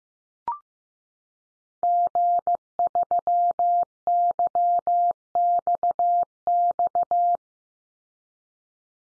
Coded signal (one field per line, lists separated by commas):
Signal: Morse code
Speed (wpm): 15 wpm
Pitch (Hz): 700 Hz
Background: none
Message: G3YXX